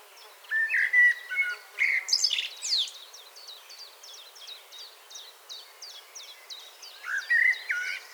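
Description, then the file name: Common blackbird song, fluting low phrases with high twittered endings, over a steady series of repeated sharp high notes. "Turdus merula"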